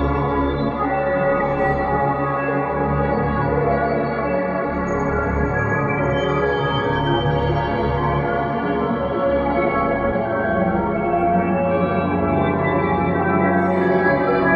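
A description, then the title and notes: A dark, dissonant atmosphere holds steady at an even level for the whole stretch, built from many sustained tones layered together with a thick, rumbling low end. The tones waver and beat against each other like a droning bowl or gong, with a faint thin high whine appearing midway. Three Kaleidoscope presets from the patchpool subscription series. Compose a dark and dissonant atmosphere, some volume automation applied, various noise sources were used as input.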